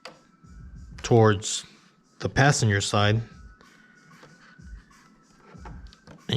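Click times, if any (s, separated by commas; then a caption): 6.3 s. Someone talks, then a Traxxas Blazer LED upgrade is fitted: the passenger-side rear LED light, the one with the longer lead, is pushed into its light socket in the plastic RC truck body. A few faint taps are heard around 5.7–6.1 s, followed by a sharp click at 6.3 s as the LED seats in the socket.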